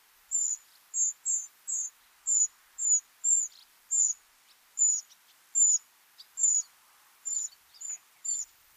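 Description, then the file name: Eurasian wren calls: a series of many thin, high, clipped notes over a faint background hiss. "Troglodytes troglodytes"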